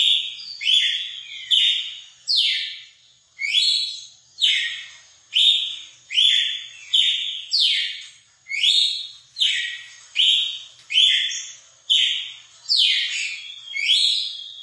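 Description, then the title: Red-cowled cardinal song of clipped, falling, buzzy whistles repeated steadily about every 0.8 seconds over nearly fifteen seconds, with no other sounds. Female song, used to excite a male bird. "Canto Galo Campina Fêmea. ESQUENTAR SEU GALO CAMPINA COM O MELHOR CANTO DO GALO DE CAMPINA"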